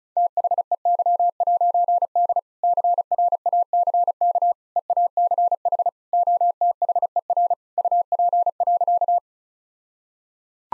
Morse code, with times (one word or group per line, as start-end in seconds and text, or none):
0.2-2.4 THEY'D
2.6-4.5 CRACK
4.8-5.9 EACH
6.1-7.5 OTHER
7.8-9.2 UP.